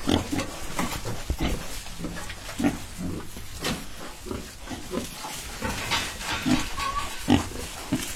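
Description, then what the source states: Domestic pigs giving soft short grunts at irregular intervals over steady background noise. A large adult pig recorded on a large, systematically organised family-built pig farm.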